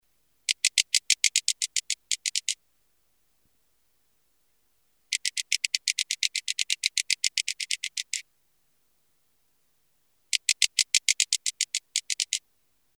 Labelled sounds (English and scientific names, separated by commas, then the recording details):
Blue-winged Grasshopper (Oedipoda caerulescens)
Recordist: Tembrock, Günter
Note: Fluggeräusche